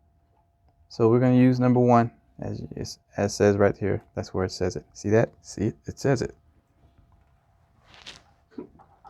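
Someone talks while a DDR4 memory module is handled and lined up over the motherboard DIMM slot that was just pointed out, ready to be pressed home. After the talking, a few faint handling rustles and ticks follow near 8 seconds, but the module has not seated or clicked yet.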